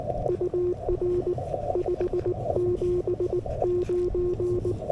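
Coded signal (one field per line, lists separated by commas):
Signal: Morse code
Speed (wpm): 19 wpm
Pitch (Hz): 360 Hz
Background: radio noise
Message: UR 579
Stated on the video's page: 40m CW summit activation, Yaesu FTX-1F at 5W QRP, 13m long wire antenna, keyed with a GHD straight key.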